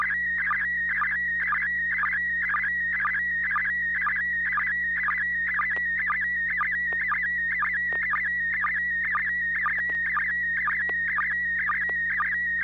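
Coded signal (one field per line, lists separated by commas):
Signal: SSTV (slow-scan television)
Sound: steady high warbling tone with rhythmic chirpy bursts about twice a second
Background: low mains hum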